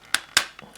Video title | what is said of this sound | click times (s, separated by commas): Bandai Soul of Chogokin GX-71 Voltron Lion Force Beast King GoLion | then you should hear it click | 0.1 s, 0.4 s